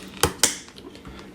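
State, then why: Seated. A Sena SMH10 motorcycle helmet communicator's outside unit is slid onto its helmet-mounted clamp plate, its tab lined up and locked at the top. Two sharp plastic clicks ring out at 0.2 s and 0.4 s, followed by a few faint, quiet taps. The unit is seated on the mount.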